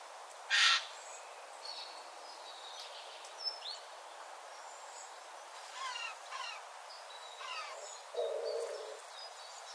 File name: Garrulus glandarius